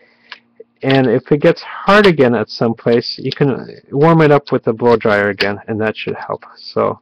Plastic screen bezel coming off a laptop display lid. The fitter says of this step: and listen for the snapping sounds and that means the bezel is coming off